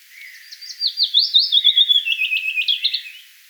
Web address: paivat 10 5 2025 pajulintu tulee vahitellen lahemmaksi laulamaan ja on lopuksi aivan vierella